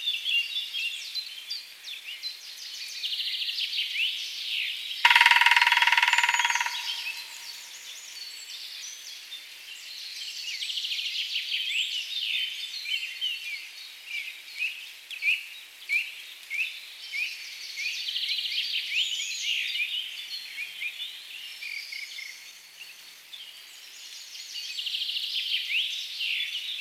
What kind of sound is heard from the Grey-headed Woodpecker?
song